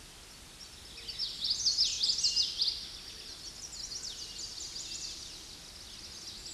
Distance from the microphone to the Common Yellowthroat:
about 20 m